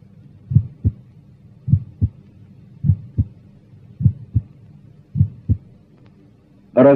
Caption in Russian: Расщепление первого тона на верхушке у человека без клинических признаков заболевания сердца.